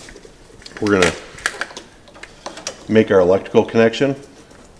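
A wiring harness connector is handled near the new idle air control valve on the throttle body of a Dodge Neon while someone talks, with a series of brief, sharp handling ticks between about 0.7 and 2.7 s. Nothing has seated or clicked yet; the clip ends before the connector is pushed home and locked into place.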